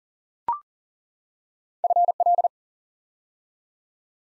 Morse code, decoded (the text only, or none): FL